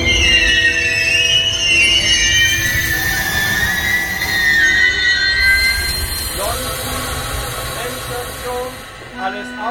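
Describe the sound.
A train rolls in with a steady low rumble while its wheels let out long, shrill, wavering squeals that gradually slide downward, then ease off as faint voices emerge near the end.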